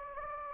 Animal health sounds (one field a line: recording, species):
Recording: mosquito wingbeat signal from an infrared sensor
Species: Anopheles gambiae